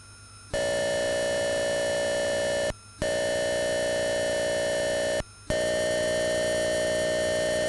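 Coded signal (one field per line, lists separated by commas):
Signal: computer data on cassette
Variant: Atari 8-bit cassette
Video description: Follow links below to skip loading sequences : 2:18 = Lesson 1, part 1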